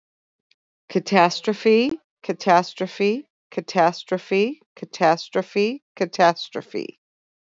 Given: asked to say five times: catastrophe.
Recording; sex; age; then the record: repeated word; female; 50 to 59 years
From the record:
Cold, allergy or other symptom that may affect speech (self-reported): no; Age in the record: 56 years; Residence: Ohio, United States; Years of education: 18